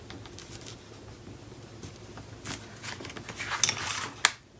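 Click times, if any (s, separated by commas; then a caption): 4.2 s. After a magnet disc is glued into a paper page of a Graphic 45 Le'Romantique mini album, the paper flap is closed over soft handling rustles and a light tick near 3.6 s. The flap's magnet meets its mating magnet with a sharp snap at 4.3 s, followed by another small tick at 4.7 s. The magnetic closure snaps shut and holds.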